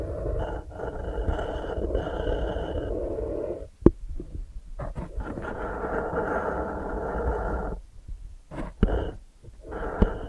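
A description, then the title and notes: ASMR brain flossing sounds with no talking: a dense, steady rustling-scraping texture that fills most of the clip, with a thin high whistle-like tone near the start. Sharp taps or clicks land around four and nine seconds, and the texture drops out in brief pauses. ASMR Brain Flossing (No Talking).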